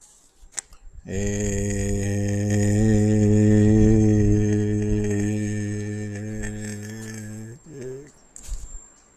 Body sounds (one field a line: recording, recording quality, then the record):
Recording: sustained vowel as in made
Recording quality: excellent, no background noise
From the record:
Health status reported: healthy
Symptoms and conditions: diabetes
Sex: male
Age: 51 years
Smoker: yes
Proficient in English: yes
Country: India